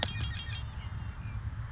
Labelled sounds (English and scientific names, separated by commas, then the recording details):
Red-winged Blackbird (Agelaius phoeniceus)
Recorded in Sonoma County, California